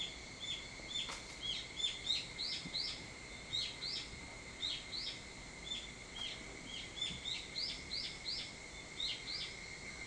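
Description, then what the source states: Evening cicada song, a dense run of ringing high notes repeating a few times a second, over a constant thin high drone. Recorded on 22 July 2023 at 04:40.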